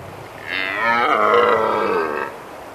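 Red deer bellowing once, a drawn-out moaning roar of nearly two seconds.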